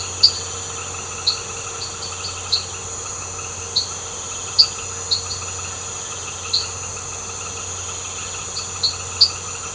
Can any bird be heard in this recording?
no